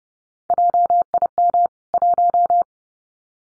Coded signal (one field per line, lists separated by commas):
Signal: Morse code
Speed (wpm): 30 wpm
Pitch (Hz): 700 Hz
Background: none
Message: JIM 1